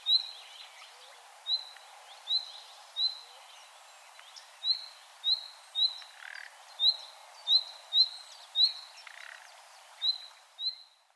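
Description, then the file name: Common nightingale calling with short rising whistles repeated in a series, broken by two brief harsh rasping notes. "Luscinia megarhynchos"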